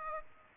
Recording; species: mosquito wingbeat signal from an infrared sensor; Aedes aegypti